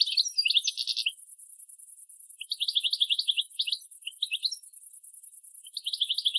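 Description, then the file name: European goldfinch giving rapid tinkling twitters in several short bursts separated by silent gaps, a constant faint high hiss behind. "Carduelis carduelis"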